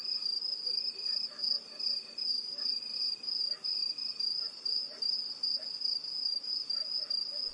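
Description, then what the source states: Crickets singing a shrill, high steady trill that pulses in loud bursts roughly two or three times a second. Intense cricket chorus at night in a rural area, USA.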